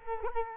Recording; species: mosquito wingbeat signal from an infrared sensor; Culex quinquefasciatus